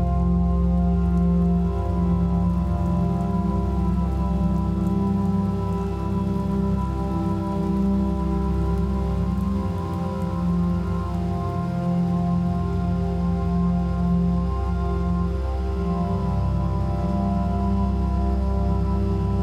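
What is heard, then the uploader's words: Night rain falls steadily, a dense, even patter that barely changes over the whole stretch. A low, constant drone hums underneath, like machinery, and the overall level stays flat with no distinct events standing out. Stillness in the Night Rain.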